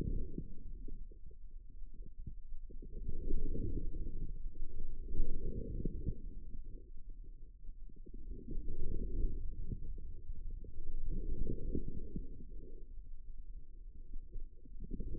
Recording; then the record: forearm muscle sounds (acoustic myography)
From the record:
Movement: inward rotation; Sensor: system 2, bracelet of six BSWA MPA416 microphones around the upper forearm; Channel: 4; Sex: female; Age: 25 years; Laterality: right